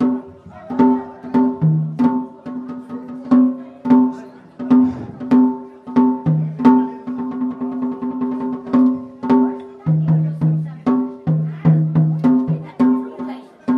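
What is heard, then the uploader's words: Music plays at a festival at Lamayuru Gompa, built on a steady low drone-like tone with repeated accented notes that pulse roughly twice a second. The pitch shifts down briefly in places, and sharp percussive strikes punctuate the rhythm throughout. Music playing during festival in Lamayuru Gompa.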